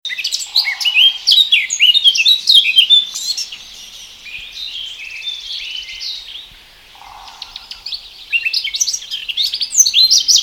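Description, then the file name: Eurasian blackcap in a rapid, jumbled warble of high chirping notes, pausing midway, with two brief lower muffled sounds in the background. "Sylvia atricapilla"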